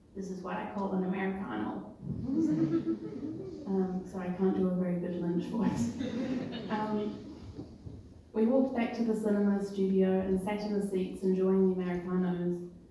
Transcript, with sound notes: “This is what I call an Americano.” Sorry, I can’t do a very good Lynch voice. *audience laughter* We walked back to the cinema studio, and sat in the seats enjoying our Americanos.